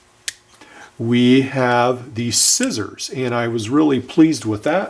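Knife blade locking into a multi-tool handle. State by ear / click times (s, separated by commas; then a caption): seated / 0.3 s. The knife blade of a brand-new 2023 Nextool Captain multi-tool is opened and locks into place in the handle with a sharp click at 0.3 s. Someone then talks over quieter handling sounds.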